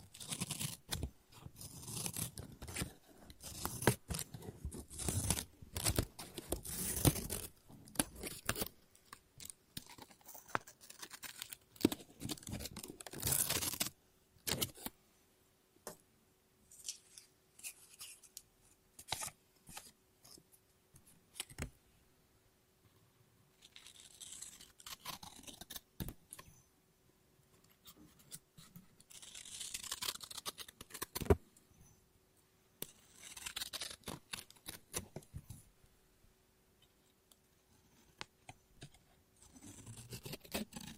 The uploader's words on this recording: ASMR Scissors No Talking Snips and Cutting Paper.